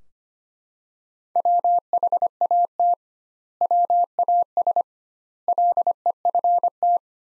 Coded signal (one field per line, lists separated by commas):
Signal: Morse code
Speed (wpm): 25 wpm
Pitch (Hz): 700 Hz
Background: none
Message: WHAT WAS LEFT